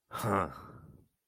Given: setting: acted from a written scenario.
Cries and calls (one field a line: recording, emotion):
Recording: vocal sound without words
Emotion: contempt